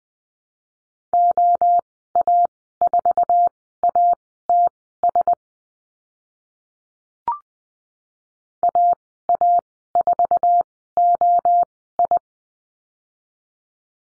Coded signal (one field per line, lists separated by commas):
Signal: Morse code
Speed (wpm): 20 wpm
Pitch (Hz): 700 Hz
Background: none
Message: OA4ATS AA4OI